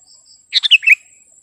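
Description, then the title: Sooty-headed bulbul song, one quick bubbly phrase of four liquid notes falling slightly in pitch, over a faint constant insect hum. "kutilang"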